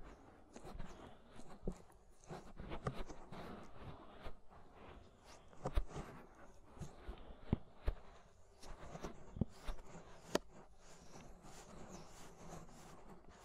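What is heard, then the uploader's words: Ear scraping sounds, a dense run of rough rubbing and scratching that carries on without a break. Sharp clicks and crackles cut through it irregularly, with the loudest around 6, 8 and 10 seconds. Underneath runs a low, uneven rumble. Inner and Outer Ear Scraping (No Talking).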